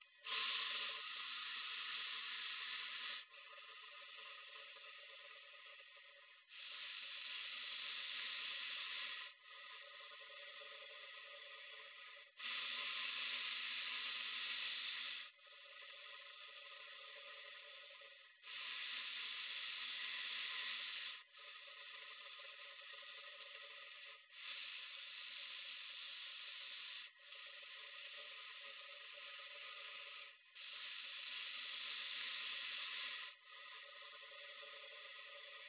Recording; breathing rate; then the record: paced breathing near a phone; 10 breaths a minute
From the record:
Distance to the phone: 20 cm